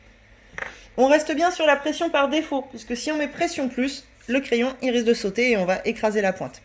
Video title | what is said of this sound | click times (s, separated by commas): tuto infusible ink sheets et infusible ink pen (français) | On le met jusqu'à entendre un petit clic. Là, on voit, il bouge plus. | 0.6 s